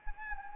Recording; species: mosquito wingbeat signal from an infrared sensor; Anopheles arabiensis